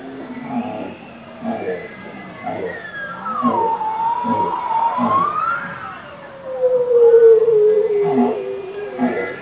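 Bowhead whale song: a series of short pulsed low notes, a long sliding wavering tone, then a clear descending whistle-like moan.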